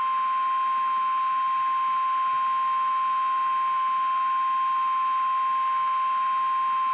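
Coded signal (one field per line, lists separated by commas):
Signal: Emergency Alert System (SAME) tones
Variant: 1050 Hz attention tone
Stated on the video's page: Real EAS broadcast of two severe thunderstorm warnings back to back.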